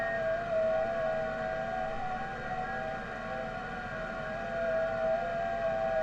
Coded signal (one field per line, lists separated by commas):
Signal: FT8